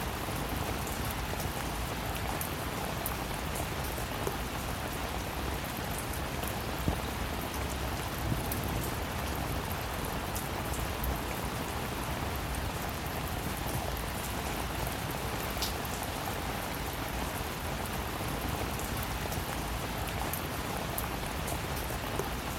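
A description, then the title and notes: Light rain falls steadily, a dense, even patter of raindrops that never lets up across the whole stretch. A soft low rush runs underneath, like a gentle wind, and a few slightly sharper drop taps stand out now and then. Relaxing Rain Sounds & A Gentle Wind On A Peaceful Night. Peaceful raindrops, a gentle storm, light rain sounds and a soothing wind. Raindrops pattered against the windowpane.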